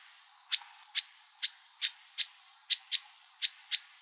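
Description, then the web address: Bewick's wren calls: crisp high chip notes repeated about every half second, nine in all, a couple given close together. Calls, Arizona, 24 March 2002. "Wrens Kinglets Gnatcatchers BEWR CALLS 032402. deviche"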